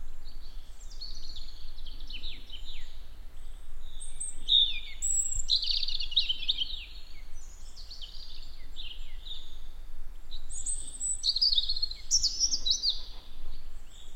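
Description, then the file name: European robin delivering a long run of high, varied twittering phrases, some fluty and some jangly, separated by brief gaps, over constant low-frequency noise. "Erithacus rubecula"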